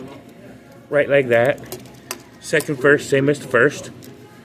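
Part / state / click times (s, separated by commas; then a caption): plastic toy arm into its socket on a toy vehicle / not seated / none. A plastic arm piece on a toy vehicle is handled while someone talks, with faint handling noise and a few brief knocks between the words. Nothing has seated or clicked yet; the clip ends before the arm goes home in its socket.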